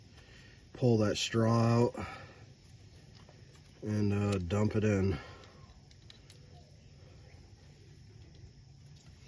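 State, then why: Not seated. Someone talks while handling the pull-out plastic straw spout in the cap of a motor oil bottle during an oil change on a Honda XR150L, about to pull it out to lock in its extended position. After the talking, only quiet background remains, with a few faint, brief ticks around 6 seconds. The straw has not clicked into place yet; nothing has seated.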